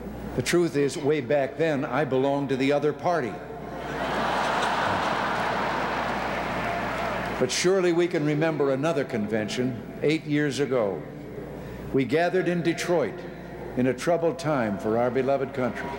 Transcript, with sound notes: The truth is, way back then, I belonged to the other party. [Laughter] But surely we can remember another convention. Eight years ago, we gathered in Detroit in a troubled time for our beloved country.